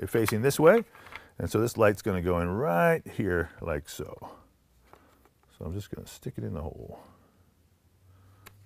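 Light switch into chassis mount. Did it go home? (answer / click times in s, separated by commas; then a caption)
yes / 8.5 s. Someone talks while a light accessory's switch is inserted into a hole in an MCK Gen 2 chassis mount and pushed straight back. After a few faint handling taps around 4.9–5.4 s, a short, sharp click at 8.5 s marks the light switch seating into the mount.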